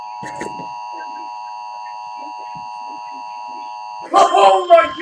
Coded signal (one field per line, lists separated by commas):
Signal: Emergency Alert System (SAME) tones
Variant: 853 and 960 Hz attention tone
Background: speech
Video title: Short Lived but Awesome: EAS Alerts #9 - #10 from 6.2.2021